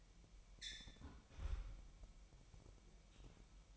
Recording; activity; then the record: daily activity, microphone in the room; close fridge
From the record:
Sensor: 1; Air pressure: 1002.0 hPa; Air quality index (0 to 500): 242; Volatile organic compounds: 47 ppm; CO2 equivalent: 3261 ppm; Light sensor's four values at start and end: 8/28/10/11 and 8/28/10/11